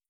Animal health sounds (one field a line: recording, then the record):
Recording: hydrophone in a shrimp aquaculture tank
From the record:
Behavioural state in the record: starved